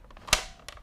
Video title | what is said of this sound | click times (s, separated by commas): Ninja Creami Deluxe vs Original | and you heard the click right | 0.3 s